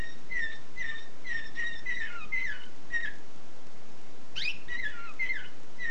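Canary song of repeated chirping notes and short whistled phrases, pausing for about a second before a few more notes.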